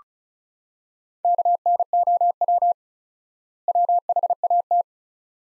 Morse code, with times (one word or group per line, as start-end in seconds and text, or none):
1.2-2.7 KNOW
3.7-4.8 WHAT